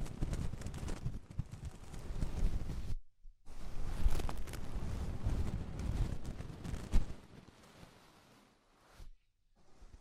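Ear cleaning with rhinestone and clay removal: dense rumbling, crackly rubbing, broken by full silences near three and nine seconds, fading softer toward the end.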